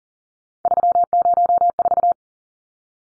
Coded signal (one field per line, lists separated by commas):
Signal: Morse code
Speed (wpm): 40 wpm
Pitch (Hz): 700 Hz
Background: none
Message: 304